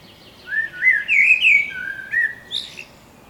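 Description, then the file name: Common blackbird song: a mellow, fluting warble sliding up and down, ending in a brief high squeaky twitter. "Turdus merula"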